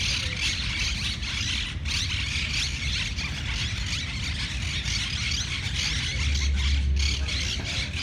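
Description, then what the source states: Monk parakeet: rapid, grating squawks from a monk parakeet flock come in quick irregular bursts over a continuous low roar of traffic. Monk parakeets in Parc de la Ciutadella, Barcelona, recorded 20 September 2019.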